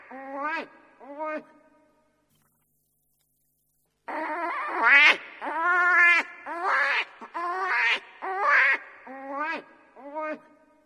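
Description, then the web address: Hare distress cries: two short squeals, a two-second pause, then a dense series of strained, wavering cries. Wounded hare; recording used as a hunting lure for fox or wolf. "zvuki zaytsa zvuk dlya ohoty ranenyy zayats manok na lisu ili na volka"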